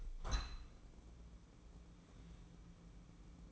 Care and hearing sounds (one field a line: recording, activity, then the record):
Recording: daily activity, microphone in the room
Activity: open window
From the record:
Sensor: 1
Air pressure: 1012.4 hPa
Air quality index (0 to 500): 169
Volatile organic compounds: 3 ppm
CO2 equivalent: 1380 ppm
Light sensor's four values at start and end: 224/513/227/249 and 213/489/216/238